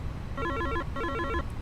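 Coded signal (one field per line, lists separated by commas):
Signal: none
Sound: aircraft cockpit chime alert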